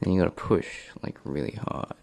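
A first-time builder handles a CPU cooler, lining up its four plastic push pins with the motherboard mounting holes and getting ready to push hard until a pin snaps into place, while someone talks. Nothing has seated or clicked yet.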